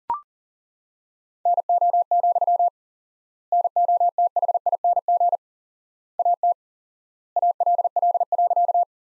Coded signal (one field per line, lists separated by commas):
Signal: Morse code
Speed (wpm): 40 wpm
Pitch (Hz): 700 Hz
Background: none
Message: NO, NOTHING AT ALL.